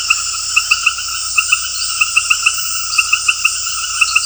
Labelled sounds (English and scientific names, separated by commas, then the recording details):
none
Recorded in dense forest near Puerto Asís, Putumayo, Colombia, on 18 February 2024 at 20:00
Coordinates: 0.487, -76.319
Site G6403